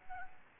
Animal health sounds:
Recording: mosquito wingbeat signal from an infrared sensor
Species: Aedes albopictus

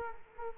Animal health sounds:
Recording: mosquito wingbeat signal from an infrared sensor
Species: Culex quinquefasciatus

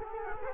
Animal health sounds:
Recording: mosquito wingbeat signal from an infrared sensor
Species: Culex quinquefasciatus

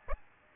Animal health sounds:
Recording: mosquito wingbeat signal from an infrared sensor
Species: Aedes aegypti

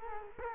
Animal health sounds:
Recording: mosquito wingbeat signal from an infrared sensor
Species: Culex quinquefasciatus

